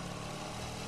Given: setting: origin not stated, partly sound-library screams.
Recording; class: one-second piece from a danger detection set; normal situation